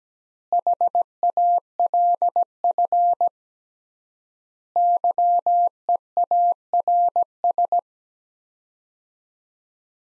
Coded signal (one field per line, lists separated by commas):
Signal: Morse code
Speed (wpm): 17 wpm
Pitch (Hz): 700 Hz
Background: none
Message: HALF YEARS